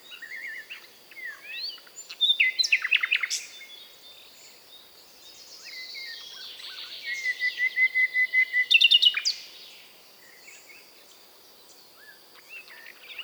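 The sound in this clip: Common nightingale song with varied phrases: whistled notes, a fast rattling series of repeated notes, and a long steady pulsed trill with a crisp burst near its end, over light background noise.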